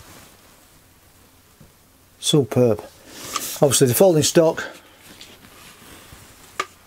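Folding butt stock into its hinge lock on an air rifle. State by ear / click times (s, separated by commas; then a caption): seated / 6.6 s. The folding butt stock of an FX Dreamline Compact Tactical air rifle (UK 12 ft-lb) is swung flat back into its hinge lock while someone talks. Quiet handling sounds follow, then a sharp click at 6.6 s as the stock locks into place.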